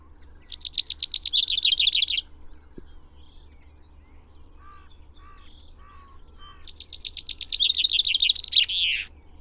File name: Fringilla coelebs